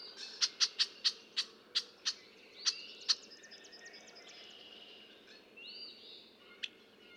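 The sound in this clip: Red-winged blackbird giving a quick series of about nine sharp clicking chips, then falling mostly quiet with a single late chip; soft bird twitter in the background.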